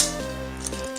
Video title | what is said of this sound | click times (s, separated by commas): Transformers Robots in Disguise Combiner Force, Primestrong, Beeside, Sideswipe, Minicons Robots | it snaps into place yeah the middle does not twist on this this | 0.7 s